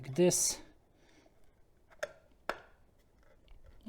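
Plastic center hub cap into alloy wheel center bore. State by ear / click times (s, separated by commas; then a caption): not seated / none. Someone talks briefly as a plastic center hub cap is pressed into the center bore of an alloy wheel on an Audi A2, producing two sharp taps at about 2.0 and 2.5 seconds and a faint one near 3.5 seconds. The attempt goes wrong, and the cap has not seated or clicked in yet. It has to be retried carefully so its retaining pins do not break.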